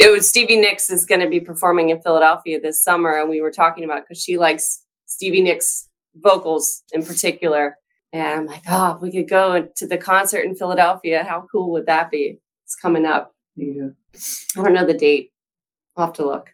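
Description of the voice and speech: An adult woman speaks casually about an upcoming concert, with fluent, well-articulated speech and natural pitch movement. Pauses fall at phrase boundaries. Her voice is clear and steady, consistent with ordinary, typical speech in a quiet room.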